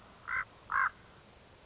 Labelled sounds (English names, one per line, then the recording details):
Common Raven
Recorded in Sonoma County, California